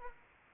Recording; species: mosquito wingbeat signal from an infrared sensor; Anopheles arabiensis